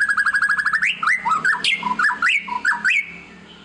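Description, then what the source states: White-rumped shama song: a fast rattling series of notes followed by rich varied whistles jumping up and down in pitch, loud and clear. Lure song of an actively singing ('gacor') murai batu, played to make other birds respond.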